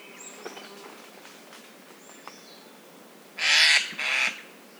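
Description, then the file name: Eurasian jay: faint high whistles from other birds, then a Eurasian jay gives two harsh, rasping screeches in quick succession. "Garrulus glandarius"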